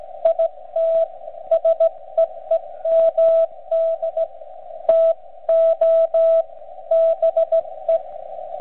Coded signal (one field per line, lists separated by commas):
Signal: Morse code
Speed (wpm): 16 wpm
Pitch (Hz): 660 Hz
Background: none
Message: IT SEEMD TO BE